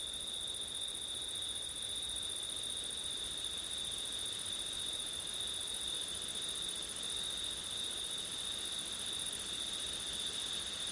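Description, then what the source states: Cricket: a continuous high-pitched trill with a higher chorus alongside, set against a quiet wash of wind. Crickets recorded on a September night with wind.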